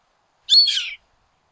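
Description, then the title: Yellow-headed Caracara call: one short, raspy scream, strident and slightly falling, lasting about half a second with nothing else audible. Nominate subspecies Milvago chimachima chimachima. "LuckyPassaro Completos2Sama. Yellow-headed Caracara (Milvago chimachima chimachima)"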